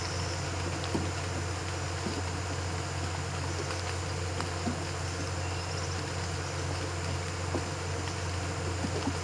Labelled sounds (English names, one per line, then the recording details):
none
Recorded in pastures near Puerto Asís, Putumayo, Colombia, on 12 March 2025 at 08:00
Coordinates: 0.466, -76.322
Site CSA-02